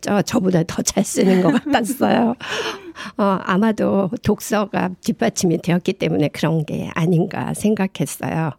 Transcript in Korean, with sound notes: 저보다 더잘 쓰는 것 같았어요. (웃음) 아마도 독서가 뒷받침이 되었기 때문에 그런 게 아닌가 생각했어요.